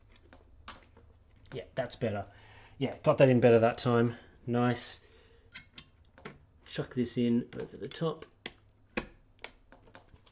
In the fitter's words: clipped in had a nice click it's now secure so there we go